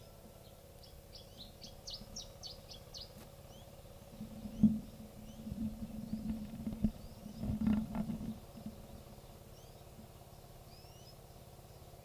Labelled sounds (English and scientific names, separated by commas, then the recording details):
Canary Islands Chiffchaff (Phylloscopus canariensis)
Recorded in the wild
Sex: male
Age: adult
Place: Privatpark "Chiripa" in Puerto de la Cruz, Teneriffa, Teneriffa, Kanarische Inseln, ES
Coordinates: 28.4094, -16.5447
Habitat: park
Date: 1964-04-28
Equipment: Nagra III PH, Parabolspiegelmikrophon, LGS26
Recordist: Faber, A. and Sapper